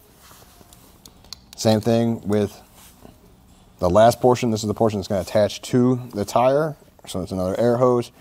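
An air gauge is attached to the air hose of a Viair TLC PLUS portable air compressor with a quick connector, pushed in and the sleeve released. After a few faint handling ticks, the connector snaps into place with a sharp click at 1.3 s, seating the gauge. Then someone talks.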